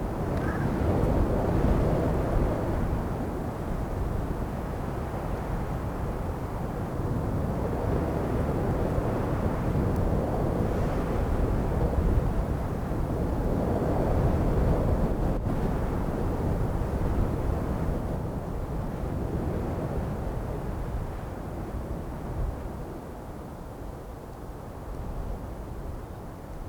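Strong wind roars steadily across open ground in Mongolia, a dense low rumble swelling in gusts around ten and fifteen seconds, easing slightly near the end.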